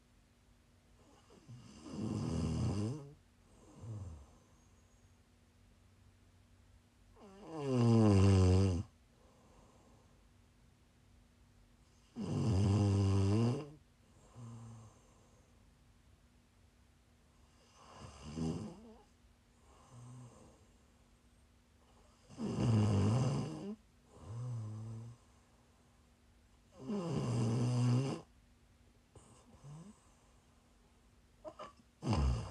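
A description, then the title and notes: Loud, rattling snores arrive about every five seconds, each a rough rumbling swell, with quieter breaths between them and a faint steady hum underneath. ASMR snoring.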